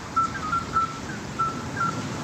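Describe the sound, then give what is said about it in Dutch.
Several midwife toads call with short, pure, mid-pitched whistling notes, repeating and overlapping at an uneven pace over a steady rumble of city traffic, in a side street next to the Hortus in central Amsterdam, late in the evening around 11. No one speaks. “Deze fluitende vroedmeesterpadden.”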